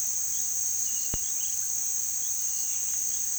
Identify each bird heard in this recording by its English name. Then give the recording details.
none. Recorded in pastures near Puerto Asís, Putumayo, Colombia, on 18 February 2024 at 17:30. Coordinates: 0.468, -76.328. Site G6414